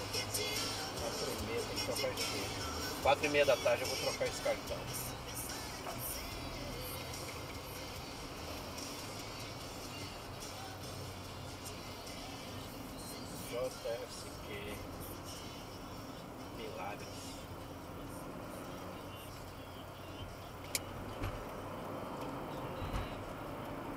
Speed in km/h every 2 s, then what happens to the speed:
80, 78, 71, 67, 63, 58, 55, 56, 60, 61, 70, 78.
0-12 slows to 55. 12-24 speeds up to 78.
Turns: none.